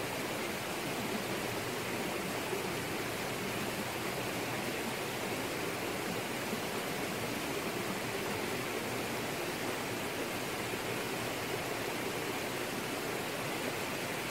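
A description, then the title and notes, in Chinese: Steady rain falls throughout, a dense, even hiss of countless drops with no pauses or build. The sound is full, bright on top with a soft rushing body beneath, much like running water, and nothing else stands out. ASMR下雨聲。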